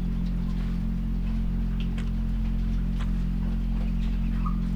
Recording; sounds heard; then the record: poultry house recording; sick chickens (respiratory disease)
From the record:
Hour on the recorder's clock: 4